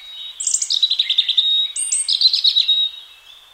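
Robin singing a bright, tinkling phrase of fast high notes and quick trills, with a short pause before a second sweet, jittery burst.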